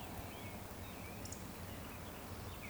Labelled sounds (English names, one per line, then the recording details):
Eurasian Woodcock whistle
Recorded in Baden-Württemberg, Germany, on 15 June 2020 at 19:54 UTC
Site 14569, 102 m above sea level